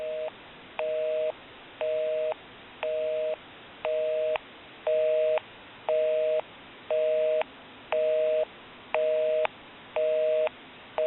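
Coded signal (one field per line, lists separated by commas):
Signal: telephone call progress tone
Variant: North America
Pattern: busy tone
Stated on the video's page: Heard on a Western Electric 302 rotary telephone during initial checkout and repair.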